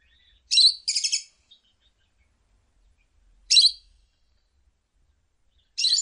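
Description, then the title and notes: Lovebird chirps: short harsh, buzzy high bursts, a quick pair at first, then single bursts roughly every two to three seconds, with otherwise silence. Ngekek song style of a lovebird, used as a bait song (kicau pancingan) to prompt other lovebirds to sing. "Master Kicau Lovebird ngekek, kicau pancingan"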